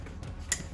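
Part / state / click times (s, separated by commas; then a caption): cable connector into animatronic control box / seated / 0.5 s. A twist-lock cable connector is plugged into a Halloween animatronic's control box and turned until it locks. A soft tick at 0.2 s comes before a sharp, bright click at 0.5 s as the connector seats, over a low steady hum.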